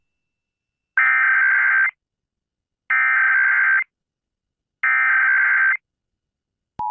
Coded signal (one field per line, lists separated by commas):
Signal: Emergency Alert System (SAME) tones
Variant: header bursts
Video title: (WBAP-AM) EAS National Periodic Test (10/04/2023)